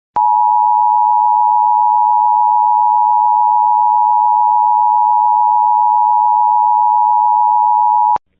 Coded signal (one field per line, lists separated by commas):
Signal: Emergency Alert System (SAME) tones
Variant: 853 and 960 Hz attention tone